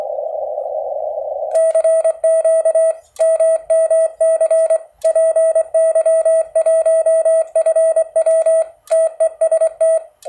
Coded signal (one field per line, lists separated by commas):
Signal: Morse code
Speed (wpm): 23 wpm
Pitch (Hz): 1950 Hz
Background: none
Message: CQ MMC PY1FW TEST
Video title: MMC Contest QRP 5w , Antena Loop Retângulo Amazing #PY1FW